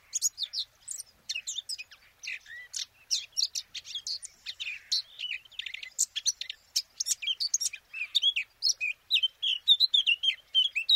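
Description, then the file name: Eurasian blackcap giving a rapid, jumbled warble of high chirps and twitters that ends in a run of clearer, repeated whistled notes. "Sylvia atricapilla"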